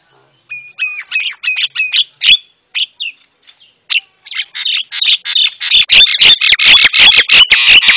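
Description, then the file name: Javan myna song: a rapid run of chattering, whistled and harsh notes, growing denser and louder toward the end with broad clicking bursts. Masteran for training cage birds; white-eyed form (mata putih). "masteran jalak kebo mata putih"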